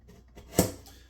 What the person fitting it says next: There, she's locked in.